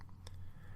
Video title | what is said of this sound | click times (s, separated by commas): hammer approved episode 1 | you hear the click or until you feel it click stop | 0.3 s